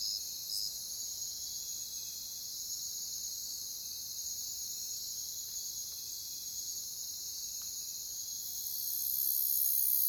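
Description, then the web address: Crickets in a dense, steady high-pitched chorus, a continuous shrill hiss that swells slightly louder in the final two seconds. "Nature Songs Nature Sounds Sounds of Nature Collection Crickets"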